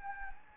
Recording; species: mosquito wingbeat signal from an infrared sensor; Anopheles gambiae